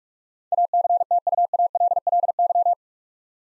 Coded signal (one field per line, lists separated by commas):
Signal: Morse code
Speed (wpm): 44 wpm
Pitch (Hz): 700 Hz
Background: none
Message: ACTUALLY